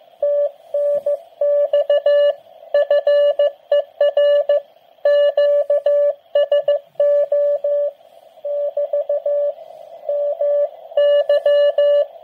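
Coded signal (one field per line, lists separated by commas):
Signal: Morse code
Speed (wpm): 14 wpm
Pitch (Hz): 580 Hz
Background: radio noise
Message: TNX FER QSO <BT> MY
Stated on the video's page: QRP contact using a portable uSDX 8-band SDR transceiver.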